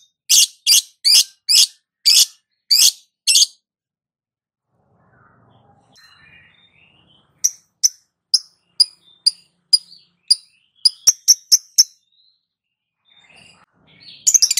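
Lovebird calls: a rapid series of loud harsh notes, a quiet gap, then thinner high chips repeated quickly.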